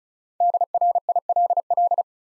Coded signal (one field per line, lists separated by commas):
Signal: Morse code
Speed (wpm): 43 wpm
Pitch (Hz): 700 Hz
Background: none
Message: DRILL